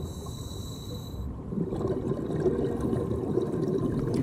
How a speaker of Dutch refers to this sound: Wanneer ik even de stilte opzoek, hoor ik in de verte een groep bultrugwalvissen voorbij zwemmen.